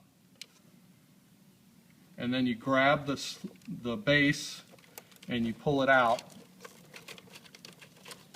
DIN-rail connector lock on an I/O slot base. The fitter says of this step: so you push this din rail orange connector lock up